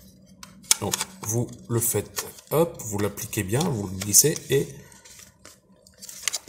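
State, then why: Seated. A Honeywell T3R or T3 room thermostat's plastic body is hooked by its tabs into the slots of its table stand or base plate, slid down and pressed while someone talks. A sharp click at 6.3 s shows the thermostat seated on its stand, where it holds properly.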